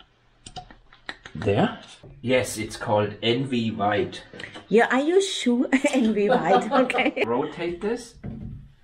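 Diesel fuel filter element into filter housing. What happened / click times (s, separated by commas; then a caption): The filter element is being handled and rotated but has not yet seated / none. A new diesel fuel filter element for a Range Rover L405 is handled and rotated into position at its filter housing, with brief handling taps early on while someone talks throughout. Nothing has seated or clicked into place yet.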